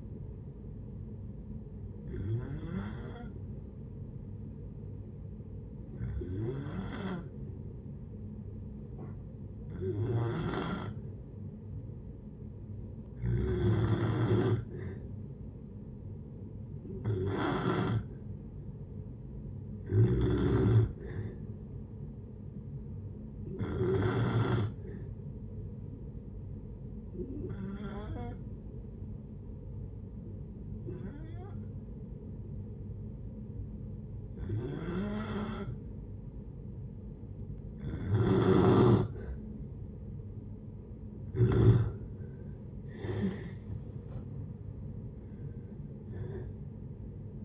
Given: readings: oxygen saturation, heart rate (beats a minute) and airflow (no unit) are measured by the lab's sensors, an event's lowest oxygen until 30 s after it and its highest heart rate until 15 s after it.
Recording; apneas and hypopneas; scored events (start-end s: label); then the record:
breathing in sleep by a smartphone at the bedside; 2
5.00-17.70 s: hypopnea (N2, oxygen 94% highest, then 89% lowest)
15.00-47.45 s: new sleep stage, N1 (lightest sleep)
27.00-41.20 s: hypopnea (N1, oxygen 93% highest, then 89% lowest)
From the record:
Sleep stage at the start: N2 (light sleep); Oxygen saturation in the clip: 89 to 94%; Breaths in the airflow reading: 13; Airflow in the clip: -6.8 to 6.6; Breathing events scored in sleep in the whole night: 496 in 5.4 hours asleep